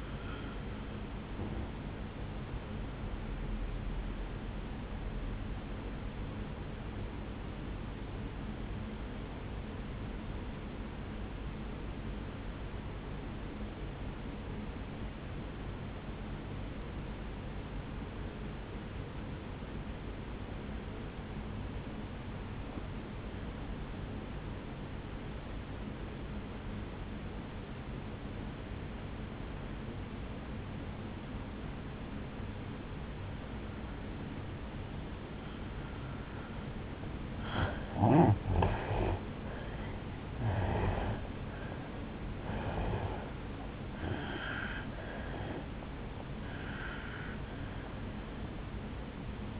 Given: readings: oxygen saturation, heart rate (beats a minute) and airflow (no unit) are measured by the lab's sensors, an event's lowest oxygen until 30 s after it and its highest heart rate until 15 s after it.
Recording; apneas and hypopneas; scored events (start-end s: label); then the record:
breathing in sleep by a voice recorder at the bedside; 1
5.00-40.00 s: obstructive apnea (N1, oxygen 97% highest, then 83% lowest, heart rate 60 at the start, 78 highest)
41.00-49.60 s: new sleep stage, N2 (light sleep)
From the record:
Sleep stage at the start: N1 (lightest sleep); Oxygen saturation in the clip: 84 to 97%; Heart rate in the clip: 54 to 78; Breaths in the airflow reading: 5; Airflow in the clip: -11.1 to 7.4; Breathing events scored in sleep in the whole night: 449 in 7.0 hours asleep